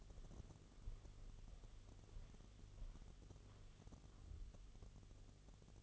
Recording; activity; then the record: daily activity, microphone in the room; walk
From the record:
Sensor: 4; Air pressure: 1016.2 hPa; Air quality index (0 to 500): 162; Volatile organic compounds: 6 ppm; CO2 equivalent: 1842 ppm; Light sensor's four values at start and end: 10/21/8/8 and 10/21/8/8